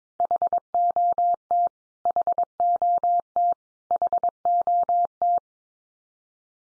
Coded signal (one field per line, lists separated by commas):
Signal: Morse code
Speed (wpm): 22 wpm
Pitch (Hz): 700 Hz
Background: none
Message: HOT HOT HOT